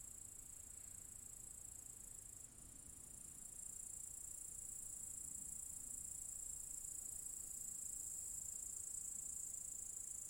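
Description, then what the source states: Cicadas buzzing in a constant thin high drone; the sound dips briefly early on, then returns stronger and steady for the remainder. Several cicadas in an apple tree orchard at Zalensų Sodybos, Lithuania, recorded 23 August 2015.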